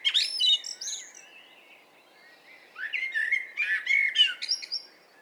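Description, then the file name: Common blackbird song: a short squeaky opening, a quiet gap, then a longer mellow warbling phrase that turns into thin twittering. "Turdus merula"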